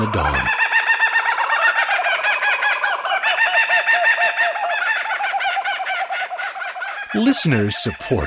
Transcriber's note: Laughing Kookaburra calls